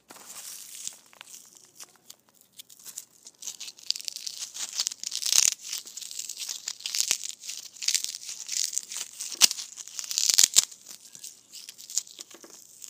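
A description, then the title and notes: Foam balls squish in dense, irregular crackly bursts, bright and hissy, busiest in the middle and louder around five and ten seconds. ASMR Foam Balls Squishing.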